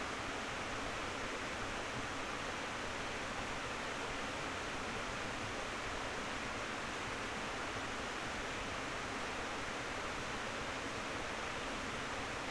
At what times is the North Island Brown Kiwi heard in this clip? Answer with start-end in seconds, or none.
none